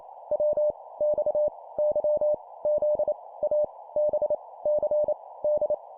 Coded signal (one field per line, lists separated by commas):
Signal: Morse code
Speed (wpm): 28 wpm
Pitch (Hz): 600 Hz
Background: none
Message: W X Y Z A B C D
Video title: 25wpm Letters, cw morse code